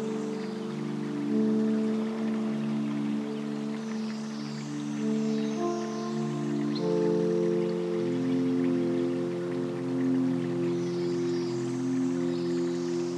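Upper Macleay, Forest Park, Portland, Oregon: a low, layered droning hum shifts pitch around seven and eight seconds over a steady, soft rushing hiss.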